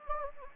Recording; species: mosquito wingbeat signal from an infrared sensor; Anopheles gambiae